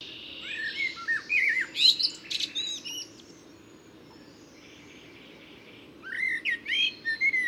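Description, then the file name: Common blackbird singing two phrases of mellow whistles and sharp high twitters, separated by a few seconds of quiet with faint background hiss. "Turdus merula"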